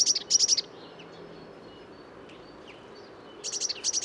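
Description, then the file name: Eurasian blue tit call, a quick run of high buzzy notes at the start and another run near the end, with faint chirps in the quiet gap. "Cyanistes caeruleus"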